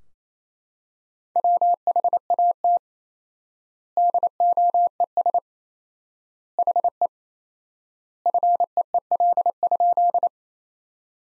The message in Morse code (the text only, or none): WHAT DOES HE FEEL?